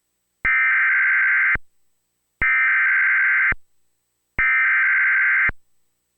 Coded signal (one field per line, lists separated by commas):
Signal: Emergency Alert System (SAME) tones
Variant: header bursts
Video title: EAS #55 - Severe Thunderstorm Warning for central Tennessee